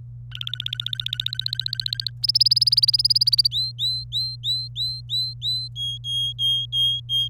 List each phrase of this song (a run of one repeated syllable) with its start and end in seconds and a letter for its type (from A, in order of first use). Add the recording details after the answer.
0.31-2.10 A, 2.23-3.48 B, 3.51-5.68 C, 5.76-7.28 D. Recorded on 27 April 2018 at 15:32. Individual llb3